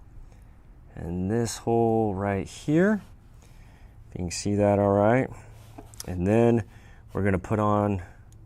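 A red dot sight is handled before being pressed down onto the locating pins of a Glock pistol slide's mounting plate while someone talks. Nothing has seated or clicked onto the plate yet.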